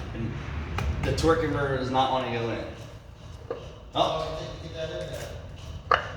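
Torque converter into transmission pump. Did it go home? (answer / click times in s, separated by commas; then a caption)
partly / 5.9 s. A steel torque converter resists, then is pushed and rotated into the transmission pump while someone talks. A sharp metallic click is heard at 5.9 s as it moves further onto the pump. It is not fully home yet, since it should go in with three clicks.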